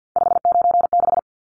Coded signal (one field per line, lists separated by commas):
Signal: Morse code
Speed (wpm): 50 wpm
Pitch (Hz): 700 Hz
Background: none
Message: 596